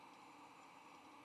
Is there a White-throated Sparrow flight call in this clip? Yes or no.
no